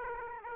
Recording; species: mosquito wingbeat signal from an infrared sensor; Aedes aegypti